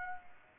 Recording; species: mosquito wingbeat signal from an infrared sensor; Aedes aegypti